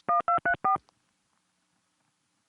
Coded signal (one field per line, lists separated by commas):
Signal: DTMF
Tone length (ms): 120 ms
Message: 1234